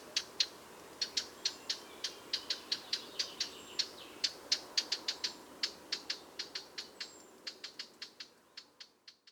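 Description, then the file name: Eurasian blackcap tac calls, dry clicking notes repeated in quick succession. "Sylvia atricapilla"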